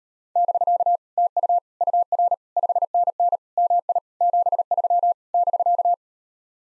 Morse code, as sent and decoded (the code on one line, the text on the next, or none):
-...-.- / - ..- / ..- .-. / ..... -. -. / -- .. / --... ...-- / -...-.-
<BK> TU UR 5NN MI 73 <BK>